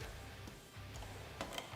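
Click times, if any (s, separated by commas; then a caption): none. A manual wiper is handled against its mount on a SuperATV glass windshield on a Polaris RZR S 1000 side-by-side, with music playing underneath. Nothing has seated or clicked yet; the clip ends just before the wiper snaps home.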